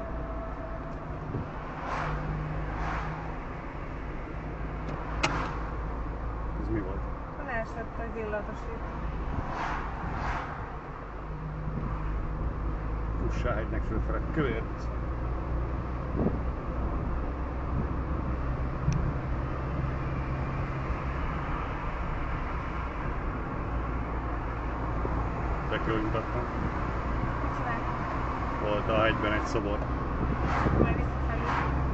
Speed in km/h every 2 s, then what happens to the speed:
43, 42, 41, 45, 44, 40, 45, 49, 50, 52, 53, 46, 45, 48, 50, 53.
0-11 steady at about 42. 11-19 speeds up to 53. 19-24 slows to 45. 24-32 speeds up to 53.